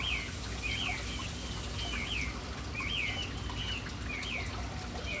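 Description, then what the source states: Bird chirps, short bright two-note calls repeated several times over steady background noise. Birds in a city, hanging around a fountain in an urban setting.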